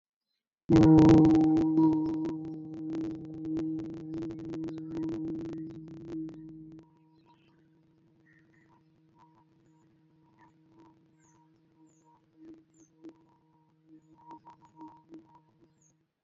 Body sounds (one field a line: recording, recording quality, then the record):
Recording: sustained vowel as in boot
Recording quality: excellent, no background noise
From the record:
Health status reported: healthy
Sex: male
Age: 23 years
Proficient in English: yes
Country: India